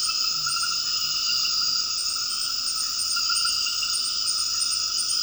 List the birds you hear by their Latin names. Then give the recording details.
none. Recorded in dense forest near Puerto Asís, Putumayo, Colombia, on 18 February 2024 at 22:00. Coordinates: 0.481, -76.318. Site G6421